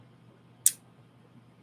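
The two halves of a magnetic cover minder, held by strong magnets, snap together with a single loud, sharp click at 0.6 seconds against a quiet background. The click is bright and brief with a quick tail, and the halves are firmly seated together.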